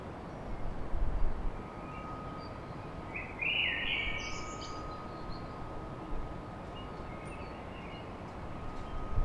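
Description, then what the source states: Common blackbird giving one short fluted phrase with a squeaky high tail midway, otherwise mostly steady hum and a low noisy background. Blackbird song at dawn in Paris.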